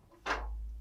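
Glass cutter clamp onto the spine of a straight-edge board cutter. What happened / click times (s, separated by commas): Handled, not yet home: the clamp is placed on the cutter spine but no seating click is heard / none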